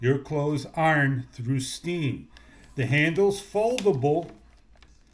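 Someone talks about an Oragerju 2-in-1 handheld clothes steamer while its foldable plastic handle is being handled. After the speech stops, two faint, brief ticks come at about 4.8 s and 5.2 s. The handle has not clicked or locked into place yet when the clip ends.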